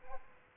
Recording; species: mosquito wingbeat signal from an infrared sensor; Aedes albopictus